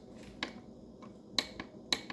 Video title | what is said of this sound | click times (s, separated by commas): Oil change on any paper filter car! (DIY) | Clicks. Double check. Double check. Clicks every single time. That is torqued to spec. | 0.4 s, 1.4 s, 1.9 s